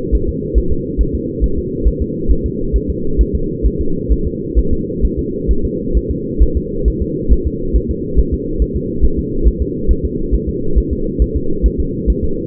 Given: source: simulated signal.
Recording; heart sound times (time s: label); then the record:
fetal heart sounds
0.15 s: S1
0.29 s: S2
0.58 s: S1
0.72 s: S2
1.01 s: S1
1.15 s: S2
1.44 s: S1
1.58 s: S2
1.88 s: S1
2.02 s: S2
2.31 s: S1
2.46 s: S2
2.76 s: S1
2.90 s: S2
3.21 s: S1
3.35 s: S2
3.66 s: S1
3.81 s: S2
4.12 s: S1
4.27 s: S2
4.59 s: S1
4.73 s: S2
5.05 s: S1
5.19 s: S2
5.51 s: S1
5.65 s: S2
5.97 s: S1
6.11 s: S2
6.43 s: S1
6.57 s: S2
6.88 s: S1
7.02 s: S2
7.32 s: S1
7.47 s: S2
7.76 s: S1
7.91 s: S2
8.19 s: S1
8.34 s: S2
8.62 s: S1
8.76 s: S2
9.05 s: S1
9.19 s: S2
9.47 s: S1
9.62 s: S2
9.91 s: S1
10.05 s: S2
10.34 s: S1
10.49 s: S2
10.78 s: S1
10.93 s: S2
11.22 s: S1
11.37 s: S2
11.66 s: S1
11.80 s: S2
12.10 s: S1
12.24 s: S2
From the record:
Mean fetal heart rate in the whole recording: 135 bpm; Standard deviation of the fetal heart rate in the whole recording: 3 bpm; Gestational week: 34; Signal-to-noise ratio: -8.1 dB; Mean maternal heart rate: 72 bpm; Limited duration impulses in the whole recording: absent